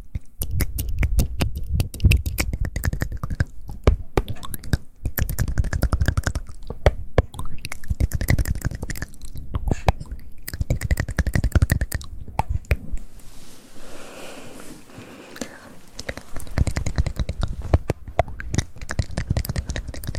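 Mouth and hand sounds: a dense, irregular run of clicks, taps and smacks, quick and uneven like fingers drumming or typing. Around thirteen to sixteen seconds the tapping thins out and a softer, breathy hiss takes over before the clicking returns.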